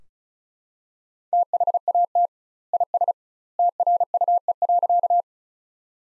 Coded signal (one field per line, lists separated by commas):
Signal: Morse code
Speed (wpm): 36 wpm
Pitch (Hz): 700 Hz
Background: none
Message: THAT IS TRUE.